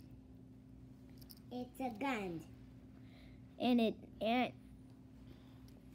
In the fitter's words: won't snap in the right way hold